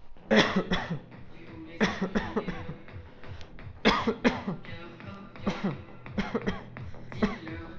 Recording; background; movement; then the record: voluntary coughing; music; walking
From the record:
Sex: male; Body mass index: 20.5 kg/m2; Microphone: on the chest, facing outward